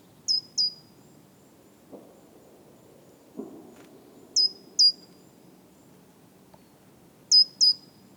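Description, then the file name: Great tit giving three pairs of high, thin notes falling in pitch, with a couple of faint knocks in between. "Parus major"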